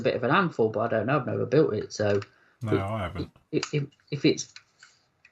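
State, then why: Seated. A plastic scale model kit part, injection-moulded, is pressed onto its mating part and snaps into place as a click fit. Someone talks through most of the clip, and then a short, sharp click is heard at 5.2 s as the part seats.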